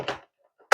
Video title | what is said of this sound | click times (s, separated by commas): Shark Apex AZ1002 Vacuum Cleaner Unboxing and Real Review | snap it in boom it's in place | 0.7 s